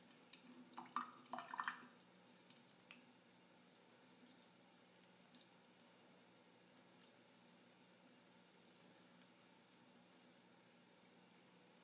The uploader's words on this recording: ASMR Water Trickling on Plastic.